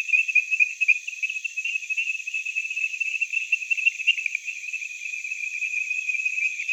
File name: Chirixalus idiootocus